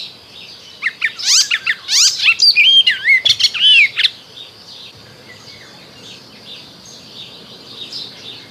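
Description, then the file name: Icterine warbler singing a three-second burst of varied chirps, twanging slurs and harsh notes, then falling quiet with only a soft hiss remaining. "Zaganiacz"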